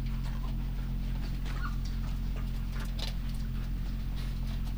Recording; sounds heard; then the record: poultry house recording; sick chickens (respiratory disease)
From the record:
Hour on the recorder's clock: 2